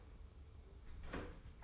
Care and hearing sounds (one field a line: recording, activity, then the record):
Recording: daily activity, microphone in the room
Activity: close door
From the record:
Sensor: 1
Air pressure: 1015.2 hPa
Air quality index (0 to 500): 138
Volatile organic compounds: 6 ppm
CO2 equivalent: 1895 ppm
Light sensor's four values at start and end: 14/32/14/15 and 14/32/14/15